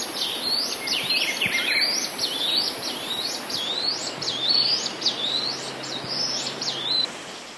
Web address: Natures Songs S America Eastern Lowlands. Legatus leucophaius, calls pair